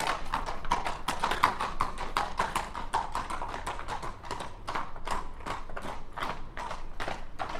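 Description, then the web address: Horse hooves clatter in a brisk, uneven trot, overlapping strikes from more than one animal keeping a quick, steady pace. Two horses trotting by on cobbles. "Hollywood Edge Historical Series War Horses Armies Weapons Two Horses Trot By On Cobbles"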